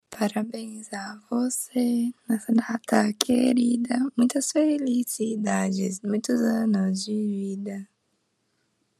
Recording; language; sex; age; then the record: short text; Brazilian Portuguese; female; 20 to 29 years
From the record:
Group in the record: control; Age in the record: 21 years